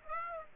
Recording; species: mosquito wingbeat signal from an infrared sensor; Aedes aegypti